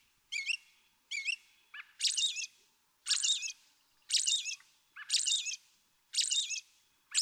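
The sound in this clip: American robin song: short looping whistled phrases, some low and some high and squeaky, given about once a second in a steady series.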